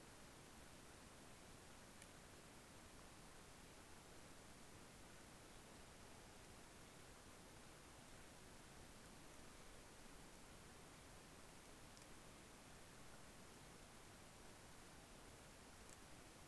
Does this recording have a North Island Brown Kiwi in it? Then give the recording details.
no. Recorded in New Zealand on 14 February 2013. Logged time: 02:13. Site DH65